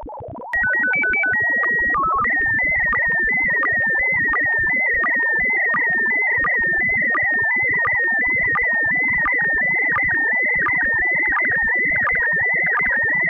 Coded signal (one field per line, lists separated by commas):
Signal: SSTV (slow-scan television)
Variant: PD 90